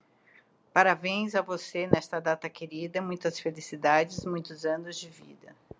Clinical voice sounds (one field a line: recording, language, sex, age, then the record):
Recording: short text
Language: Brazilian Portuguese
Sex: female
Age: 60 to 69 years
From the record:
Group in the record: control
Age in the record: 64 years